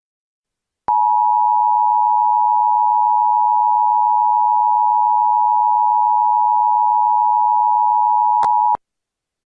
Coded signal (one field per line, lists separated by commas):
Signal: Emergency Alert System (SAME) tones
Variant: 853 and 960 Hz attention tone